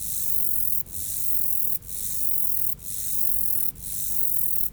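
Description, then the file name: Mottled grasshopper song, loud continuous hissing rasp broken by short gaps about once a second. "Myrmeleotettix maculatus"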